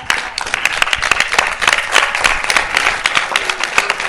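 Steady audience applause, many hands clapping in a dense, even patter at a fairly loud level throughout, with a few sharper claps standing out and no talking over it.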